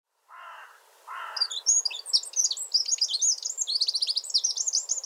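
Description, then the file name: Eurasian wren song: a long, fast, high-pitched tumbling run of notes and trills, after two lower, harsher sounds at the start. "Troglodytes troglodytes"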